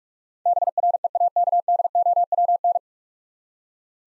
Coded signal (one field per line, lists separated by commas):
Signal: Morse code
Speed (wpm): 42 wpm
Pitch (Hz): 700 Hz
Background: none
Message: BREAKDOWN